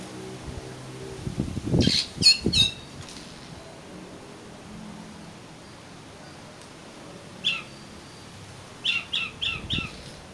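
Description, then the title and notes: Oriental magpie-robin giving clipped whistled notes and scratchy chips in brief runs separated by quiet pauses, with a low thumping noise early on. "suara kacer. kumpulan suara burung kacer"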